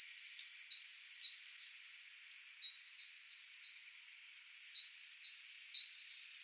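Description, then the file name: Great tit song: bright two-note phrases repeated rapidly in three bursts separated by short pauses, a ringing see-saw rhythm. "Parus major"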